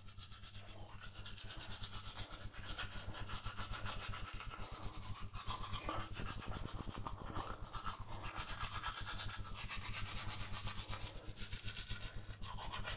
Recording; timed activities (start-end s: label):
household activities, microphone on the right wrist
0.00-12.97 s: brushing teeth